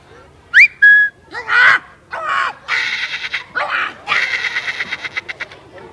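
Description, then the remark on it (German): An animal-voice imitator mimics a parrot for an audience with a string of shrill whistles, squawks and raspy chattering calls, loud and unaccompanied, ending in a rapid stuttering burst. “Ein Papagei, ja, ihr habt aber gute Ohren.”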